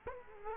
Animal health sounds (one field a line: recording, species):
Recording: mosquito wingbeat signal from an infrared sensor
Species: Culex quinquefasciatus